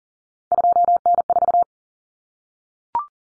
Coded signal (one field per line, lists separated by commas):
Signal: Morse code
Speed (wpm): 40 wpm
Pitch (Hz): 700 Hz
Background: none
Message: 2N4